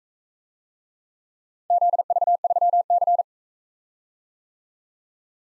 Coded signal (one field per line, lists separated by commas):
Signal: Morse code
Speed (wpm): 42 wpm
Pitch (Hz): 700 Hz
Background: none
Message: ZV3C